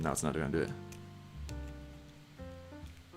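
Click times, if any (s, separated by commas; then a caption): 1.5 s. After failed tries, a plastic ankle joint on an MGEX Unicorn Gundam Ver.Ka model kit is pushed into the foot while someone talks over background music. It pops into place with one sharp click at 1.5 s, and the joint is seated, though the connection doesn't seem very strong.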